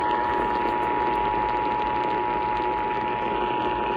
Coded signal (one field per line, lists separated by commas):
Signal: Emergency Alert System (SAME) tones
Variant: 853 and 960 Hz attention tone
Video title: (EAS 36-37) Immediate Evacuation